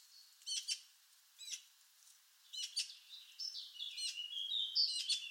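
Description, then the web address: Bird calls: a few quick hooked chirps, some in pairs, with pauses between them, then a busier run of thin whistled and squeaky notes near the end. "Deverinetal 2025 File origin Bird Only"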